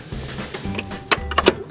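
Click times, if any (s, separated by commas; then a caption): 1.1 s. A folding campervan table in a Sprinter van is lifted and locked into its storage position. Soft shuffling and handling sounds lead up to a sharp, loud, short hit at 1.1 s as the table locks into place, followed by a few lighter knocks. Someone talks.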